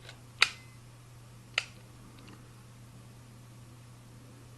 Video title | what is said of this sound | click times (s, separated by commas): Medtronic VEO Silhouette Infusion setup | is pull the thumb all the way back until you hear it click so | 0.4 s, 1.6 s